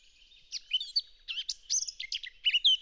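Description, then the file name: Eurasian blackcap song, an energetic medley of fluty whistles, quick slurred notes and short twangy flourishes, delivered without a break. "Sylvia atricapilla"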